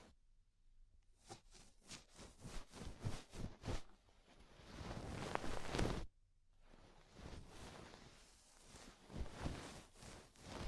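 Ear cleaning sounds: rhinestones and clay being picked and scraped away, giving sharp crackly taps and scratchy rubs. Clicks come in quick bursts, with a denser grinding stretch around four to six seconds, a brief near-silent gap, then renewed scratching and taps.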